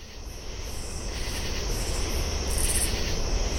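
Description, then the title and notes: Oblong-winged katydid song: short, high, raspy bursts recurring irregularly over a steady insect chorus and a constant low rumble. At least two calling; Common True Katydid chorus; canal edge at marsh mouth, Alexandria, Virginia, USA; July 23 2015, 10:12 PM, 75°F; Fostex FR-2 recorder, Sennheiser ME-62 microphone, Telinga parabola. "Oblong-winged Katydid pm. the song of the Oblong-winged Katydid. the edge of the canal at the mouth of the west Dyke Marsh in Alexandria, VA on July 23rd, 2015 at 10:12PM"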